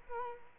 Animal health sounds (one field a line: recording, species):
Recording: mosquito wingbeat signal from an infrared sensor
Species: Culex quinquefasciatus